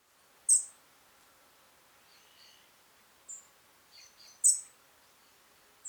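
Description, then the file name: European robin calls, two loud sharp high ticks with several fainter, softer notes between them, in a quiet setting. "Erithacus rubecula"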